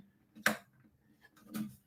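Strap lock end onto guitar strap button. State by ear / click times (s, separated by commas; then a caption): not seated / none. A locking strap end is lined up by its big hole over a guitar's strap button and pressed down, making a sharp tick at about 0.5 seconds and a softer, duller knock around 1.4 to 1.6 seconds. This is only handling: the strap lock has not snapped onto the strap button yet, and nothing has seated or clicked.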